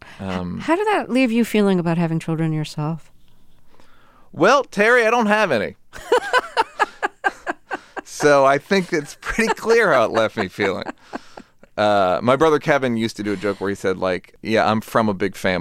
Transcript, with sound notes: How did that leave you feeling about having children yourself?
Well, Terry, I don't have any. (Laughter) So I think it's pretty clear how it left me feeling. My brother Kevin used to do a joke where he said like, yeah, I'm from a big family.